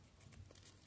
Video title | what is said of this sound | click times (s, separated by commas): Fansproject Saurus Ryu-oh - Dinosan Review | and that will click over there like that | 0.5 s